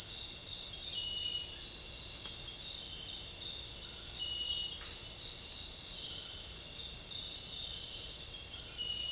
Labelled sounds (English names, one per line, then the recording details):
none
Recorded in secondary vegetation near Puerto Asís, Putumayo, Colombia, on 21 December 2024 at 18:30
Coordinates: 0.484, -76.319
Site GP06